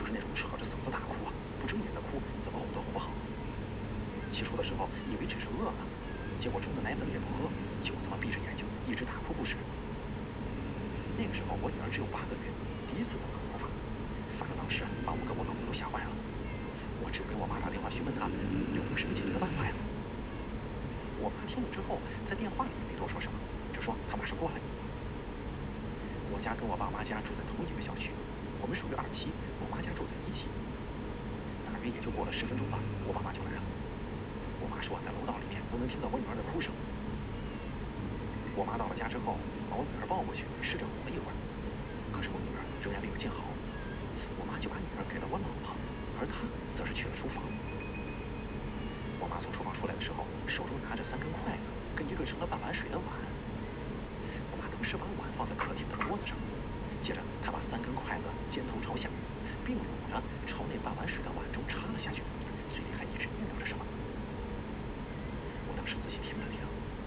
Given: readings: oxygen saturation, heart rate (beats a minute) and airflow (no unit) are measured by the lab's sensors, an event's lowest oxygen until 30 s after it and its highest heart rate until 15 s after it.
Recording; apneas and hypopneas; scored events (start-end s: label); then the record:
breathing in sleep by a voice recorder at the bedside; 1
31.00-46.80 s: hypopnea (N2, oxygen 95% highest, then 94% lowest)
60.00-67.07 s: new sleep stage, N1 (lightest sleep)
From the record:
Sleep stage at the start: N2 (light sleep); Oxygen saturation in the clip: 93 to 95%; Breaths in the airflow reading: 22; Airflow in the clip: -2.2 to 3.2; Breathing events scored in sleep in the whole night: 335 in 6.7 hours asleep